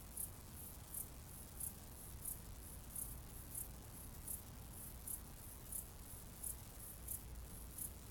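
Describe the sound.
Cicada call: short high pulses repeated steadily about every two-thirds of a second over low background noise.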